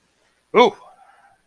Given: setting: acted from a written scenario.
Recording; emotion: vocal sound without words; fear